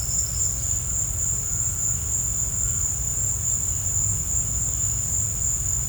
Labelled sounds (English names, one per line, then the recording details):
none
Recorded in pastures near Puerto Asís, Putumayo, Colombia, on 16 December 2024 at 16:00
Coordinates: 0.466, -76.322
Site G040